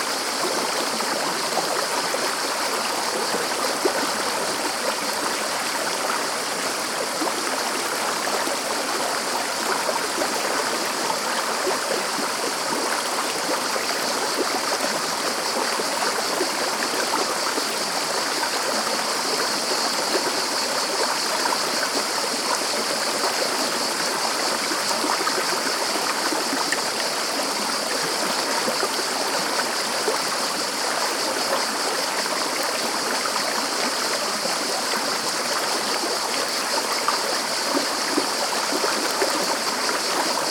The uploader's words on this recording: Mount Ida, Turkey with Field Recordist Enis Çakar from Planet Earth and Vadi Sound.